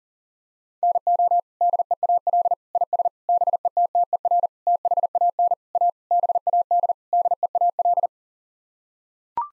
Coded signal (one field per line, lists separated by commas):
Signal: Morse code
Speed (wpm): 40 wpm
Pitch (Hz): 700 Hz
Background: none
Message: NO DEAL IS BETTER THAN A BAD DEAL